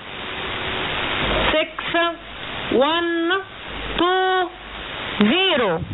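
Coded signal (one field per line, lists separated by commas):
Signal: numbers station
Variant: E25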